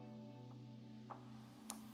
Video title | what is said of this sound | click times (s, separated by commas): LDO Micron Plus 3D Printer Kit Build Part 4: Installing Sub Assemblies | and that side also had a satisfying snap. | 1.7 s